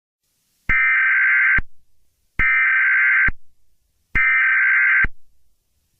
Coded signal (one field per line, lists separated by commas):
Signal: Emergency Alert System (SAME) tones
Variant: header bursts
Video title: [EAS Mock] Houston Derecho